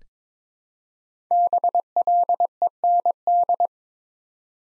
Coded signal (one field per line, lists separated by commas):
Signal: Morse code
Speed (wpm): 23 wpm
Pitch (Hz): 700 Hz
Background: none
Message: BLEND